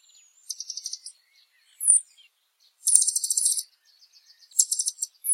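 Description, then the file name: Blue dacnis song of several quick, high, sibilant chip series, under a second each, interspersed with sharp downslurred notes. "Canto do Sai azul"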